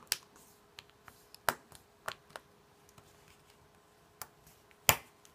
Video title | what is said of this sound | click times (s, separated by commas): Galaxy S4 Motherboard Replacement | secure this just snaps back on you can hear | 0.1 s, 1.5 s, 2.1 s, 4.9 s